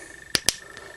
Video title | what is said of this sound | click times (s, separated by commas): Diamond Select toys Pulp Fictions Butch and Jules figure review. | it just kind of clicks into place | 0.4 s, 0.5 s